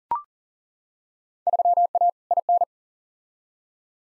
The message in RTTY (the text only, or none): none